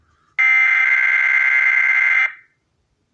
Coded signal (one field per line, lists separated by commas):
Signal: Emergency Alert System (SAME) tones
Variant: header bursts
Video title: TFT Relay: WXL40 RWT (3/4/20)(EAS #268)